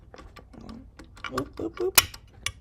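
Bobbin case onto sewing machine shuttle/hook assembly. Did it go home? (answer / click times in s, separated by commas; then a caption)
no / none. A bobbin case is handled by thumb to be pushed back onto the shuttle/hook assembly of a vintage sewing machine, without using the release arm, while someone talks. Light ticks and taps sound through the clip, with the sharpest at about 2.5 s. Nothing has seated or clicked yet.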